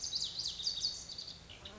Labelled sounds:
Lazuli Bunting (Passerina amoena)
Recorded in Sonoma County, California

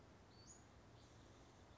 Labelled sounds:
Western Flycatcher (Empidonax difficilis)
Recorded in Sonoma County, California

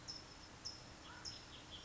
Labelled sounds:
California Towhee (Melozone crissalis)
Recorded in Sonoma County, California

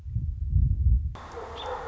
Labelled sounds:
American Robin (Turdus migratorius)
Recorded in Sonoma County, California

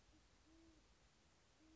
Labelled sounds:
Great Horned Owl (Bubo virginianus)
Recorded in Sonoma County, California

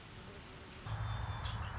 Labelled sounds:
Red-winged Blackbird (Agelaius phoeniceus)
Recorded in Sonoma County, California

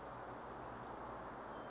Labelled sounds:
Song Sparrow (Melospiza melodia)
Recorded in Sonoma County, California

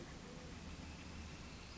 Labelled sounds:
Northern Flicker (Colaptes auratus)
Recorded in Sonoma County, California

